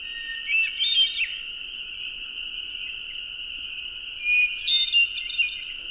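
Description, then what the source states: Hermit thrush singing two fluty, tumbling phrases about four seconds apart, with a constant high droning tone underneath. Recorded at dusk; song given along with calls.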